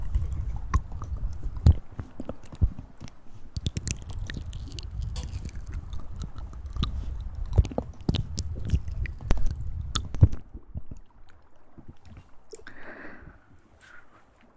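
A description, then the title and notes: Mouth sounds and hand movements: wet clicks, smacks and crunchy chewing-like noises pile up densely over a low rumbling bed for the first ten seconds. After that it thins out, with a brief rustling swish near thirteen seconds and a few soft clicks. Mouth sounds, hand movements at sensitivity.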